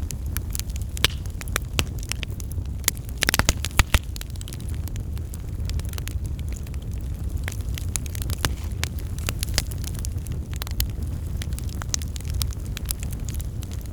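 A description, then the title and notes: A fire crackles close by, with sharp pops and snaps scattered throughout, bunching into a dense flurry around three to four seconds. Beneath them runs a steady low rumble, while softer hissing and scraping fill the gaps between the brighter cracks. Crackling Warmth.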